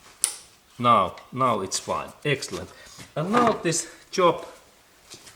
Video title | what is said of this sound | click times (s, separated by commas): How works EGR valve in Toyota Corolla. Years 2018 to 2024 | that I install that there is this clamp in up area, and then we have to hear this sound, click sound. | 0.2 s